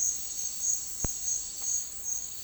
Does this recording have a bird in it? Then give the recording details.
no. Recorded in secondary vegetation near Puerto Asís, Putumayo, Colombia, on 12 March 2025 at 11:30. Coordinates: 0.499, -76.323. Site G094